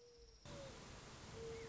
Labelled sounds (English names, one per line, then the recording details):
Mourning Dove
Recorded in Sonoma County, California